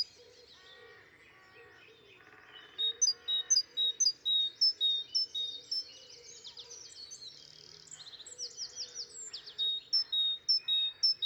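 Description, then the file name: Great tit song: high two-note phrases alternating sharp upper and lower notes, repeated about twice a second for most, with other birds chattering and trilling in the background. "Parus major"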